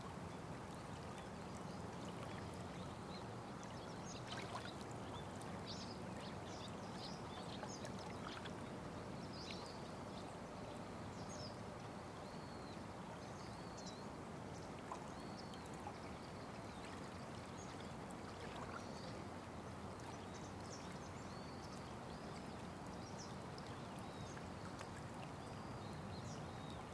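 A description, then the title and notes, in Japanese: A flowing river rushes steadily with a dense, low, even wash, while small birds chirp faintly and often in the background throughout. 流れる川の音に耳をすませて。Just listen to the river flow for 5 minutes.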